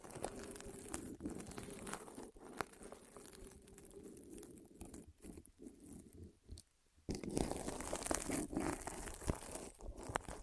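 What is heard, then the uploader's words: ASMR rolling on the ears: dense, crinkly rustling and scraping with frequent sharp ticks and crackles. It thins out and grows softer from about five seconds, nearly stops just before seven, then returns louder and brighter with crunchy, crumpling textures through the end. ASMR Rolling On Your Ears (No Talking).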